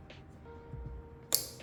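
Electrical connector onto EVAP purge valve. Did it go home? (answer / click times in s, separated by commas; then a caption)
yes / 1.3 s. A plastic electrical connector is slid onto the EVAP canister purge valve of a 2020-2024 Nissan Versa 1.6L. After a quiet stretch with a faint steady hum, a sharp, loud click at 1.3 s shows the connector has seated on the valve.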